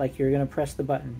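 A plastic button part is lined up over its clip in an Xbox Elite Series 2 game controller frame and given a small push, like pressing the button, while someone talks. Nothing has seated or clicked yet.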